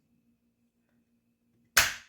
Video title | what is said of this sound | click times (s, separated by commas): Tippmann A5 teardown Valve Oring and Lightened valve spring measurement and maintenance | and you'll hear it kind of click in place | 1.8 s